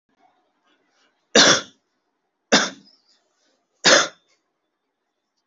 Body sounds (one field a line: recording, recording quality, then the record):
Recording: shallow voluntary cough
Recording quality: excellent, no background noise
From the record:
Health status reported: healthy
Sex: male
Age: 22 years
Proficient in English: yes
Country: India